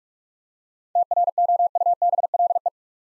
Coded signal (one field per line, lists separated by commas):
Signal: Morse code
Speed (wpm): 46 wpm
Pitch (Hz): 700 Hz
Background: none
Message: TROUBLE